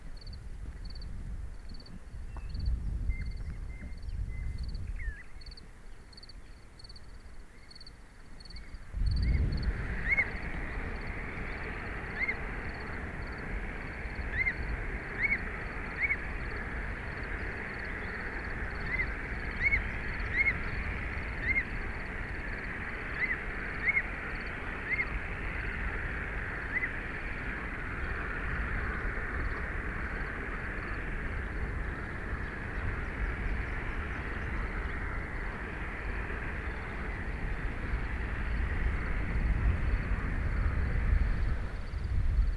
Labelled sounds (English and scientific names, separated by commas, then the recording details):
Common Ringed Plover (Charadrius hiaticula) call
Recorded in the wild
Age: diverse
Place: Peenemuende, Usedom, Mecklenburg-Vorpommern, DE
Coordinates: 54.1536, 13.7808
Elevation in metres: 0
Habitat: grassland
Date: 2014-06-05 01:18
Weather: 12°C, weak wind
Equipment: Sound Devices 702, Sennheiser MKH 70, Rycote Windschutz
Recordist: Frommolt, Karl-Heinz
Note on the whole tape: Flugplatz Peenemünde: Rufe vom Sandregenpfeifer mit Jungem. Tiere gesehen